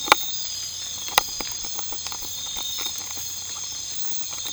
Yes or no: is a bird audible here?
no